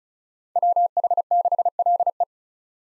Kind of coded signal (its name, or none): Morse code